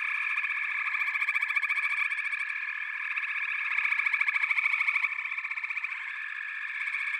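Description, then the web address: Many frogs calling at once, their rapid rattling trills merging into a continuous high-pitched chorus that swells gently around four seconds. A chorus of frogs calling together. "The Natural Sounds of the Wilderness. Echoes of Nature - Frog Chorus"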